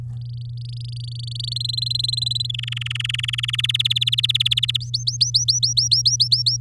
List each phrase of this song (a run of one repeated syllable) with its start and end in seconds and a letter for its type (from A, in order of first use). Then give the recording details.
0.17-1.54 A, 1.56-2.51 B, 2.54-3.56 C, 3.58-4.77 D, 4.80-6.57 E. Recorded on 10 May 2018 at 13:35. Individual llb16